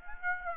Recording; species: mosquito wingbeat signal from an infrared sensor; Aedes aegypti